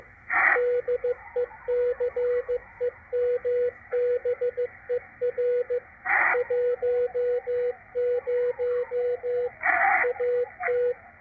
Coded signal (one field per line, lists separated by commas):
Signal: Morse code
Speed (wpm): 15 wpm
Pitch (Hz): 490 Hz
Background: radio noise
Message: DECEMBER 10 AT